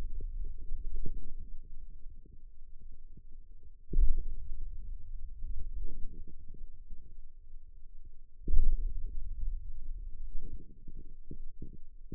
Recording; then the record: forearm muscle sounds (acoustic myography)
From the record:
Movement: hand opening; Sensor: system 2, bracelet of six BSWA MPA416 microphones around the upper forearm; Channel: 2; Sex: male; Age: 22 years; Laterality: right